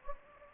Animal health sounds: mosquito wingbeat signal from an infrared sensor; Anopheles gambiae

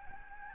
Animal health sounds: mosquito wingbeat signal from an infrared sensor; Aedes albopictus

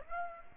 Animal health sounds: mosquito wingbeat signal from an infrared sensor; Aedes aegypti

